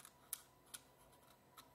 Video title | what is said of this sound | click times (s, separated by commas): 💾🎮 Como PONER una MICROSD en NINTENDO SWITCH OLED FÁCIL y RÁPIDO | pues nada lo metemos aquí hasta que escuchamos un clic veis | 0.3 s